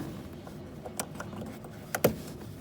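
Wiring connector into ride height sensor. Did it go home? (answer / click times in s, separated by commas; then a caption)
yes / 1.9 s, 2.0 s. An electrical plug is squeezed and pushed onto a replacement ride height sensor on a Mercedes-Benz with an air suspension system, with a few small ticks and taps at about 1.0 and 1.2 seconds. The connector's plastic latch gives a sharp double click at about 1.9 and 2.0 seconds, and the connector is seated.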